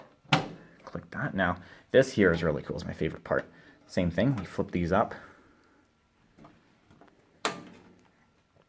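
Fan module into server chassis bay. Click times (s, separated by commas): 0.3 s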